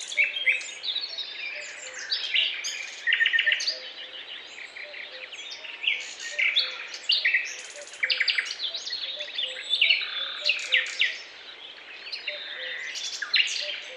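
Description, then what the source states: Birds twitter and chirp in a steady mixed chorus of high, sharp notes and short trills throughout. Chirping birds in a forest, described as peaceful.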